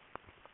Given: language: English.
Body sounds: throat vibration sensor signal played as sound; swallow

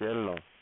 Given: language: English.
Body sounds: throat vibration sensor signal played as sound; speech

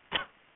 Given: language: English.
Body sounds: throat vibration sensor signal played as sound; cough

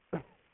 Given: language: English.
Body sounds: throat vibration sensor signal played as sound; cough

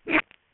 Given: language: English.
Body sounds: throat vibration sensor signal played as sound; swallow

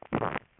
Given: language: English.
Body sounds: throat vibration sensor signal played as sound; swallow

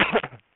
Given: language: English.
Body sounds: throat vibration sensor signal played as sound; cough

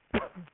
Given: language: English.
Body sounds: throat vibration sensor signal played as sound; cough

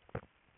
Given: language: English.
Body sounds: throat vibration sensor signal played as sound; swallow

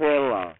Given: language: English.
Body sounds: throat vibration sensor signal played as sound; speech

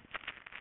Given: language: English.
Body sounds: throat vibration sensor signal played as sound; swallow

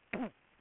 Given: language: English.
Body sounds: throat vibration sensor signal played as sound; cough

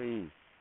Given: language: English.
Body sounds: throat vibration sensor signal played as sound; speech

